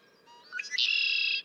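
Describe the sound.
Red-winged blackbird giving one song, soft introductory notes sliding upward into a rasping, buzzy trill that ends abruptly.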